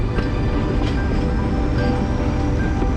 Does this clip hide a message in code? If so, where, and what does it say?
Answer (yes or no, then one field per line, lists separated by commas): no